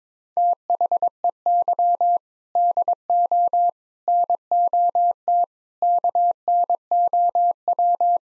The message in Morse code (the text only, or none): THEY DO NOT KNOW